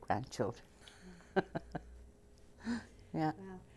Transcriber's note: she laughs